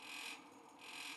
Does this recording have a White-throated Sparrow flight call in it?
no